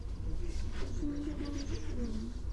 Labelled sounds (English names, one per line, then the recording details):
Mallard
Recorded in Germany
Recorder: ecoPi